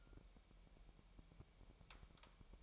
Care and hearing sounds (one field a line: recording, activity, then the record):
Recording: daily activity, microphone in the room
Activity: take from stove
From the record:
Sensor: 1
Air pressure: 1002.0 hPa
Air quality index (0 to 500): 247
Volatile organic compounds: 51 ppm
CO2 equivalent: 3315 ppm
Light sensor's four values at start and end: 6/13/5/6 and 6/13/5/6